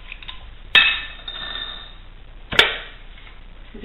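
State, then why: Released. The vacuum-sealed lid on a glass storage jar holding dehydrated food is reopened to add carrots, and it releases with a sharp pop at about 2.5 and 2.6 seconds, after an earlier sharp sound near 0.8 seconds. The vacuum was left by the oxygen absorber pulling the oxygen out of the jar, and the lid comes open as the seal releases.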